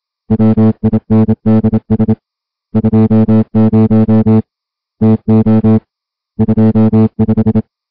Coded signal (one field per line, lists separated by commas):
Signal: Morse code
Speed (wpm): 27 wpm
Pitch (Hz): 220 Hz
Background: music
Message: WINDS 20 TO 25